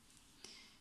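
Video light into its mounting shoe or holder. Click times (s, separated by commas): 0.5 s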